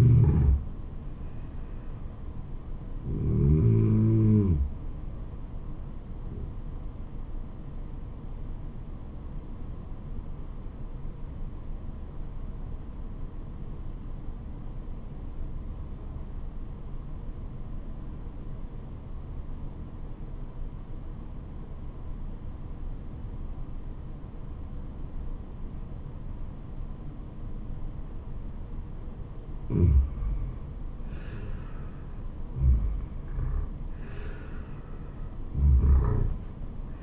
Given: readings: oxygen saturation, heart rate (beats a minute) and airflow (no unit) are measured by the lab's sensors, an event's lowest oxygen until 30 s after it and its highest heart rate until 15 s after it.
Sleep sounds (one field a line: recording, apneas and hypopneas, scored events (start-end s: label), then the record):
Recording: breathing in sleep by a smartphone at the bedside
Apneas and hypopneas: 1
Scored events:
10.00-32.30 s: obstructive apnea (N2, oxygen 96% highest, then 88% lowest, heart rate 74 at the start, 77 highest)
From the record:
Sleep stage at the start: N2 (light sleep)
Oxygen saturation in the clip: 86 to 96%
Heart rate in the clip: 64 to 78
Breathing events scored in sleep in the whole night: 426 in 7.4 hours asleep